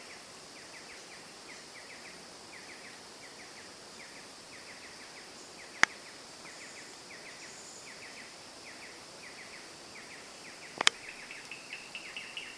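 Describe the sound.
Bird calls: bursts of brief, falling chirps in groups of two to four come repeatedly over a steady hiss, broken by two sharp clicks.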